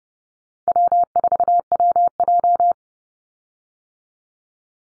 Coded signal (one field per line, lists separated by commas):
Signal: Morse code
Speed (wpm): 30 wpm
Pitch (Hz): 700 Hz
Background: none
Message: W4WJ